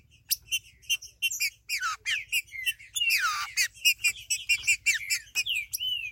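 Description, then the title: Green-winged saltator song: rapid series of harsh, stacked chipping notes mixed with downslurred whistles and one longer buzzy sweep near the middle. "Trinca Ferro"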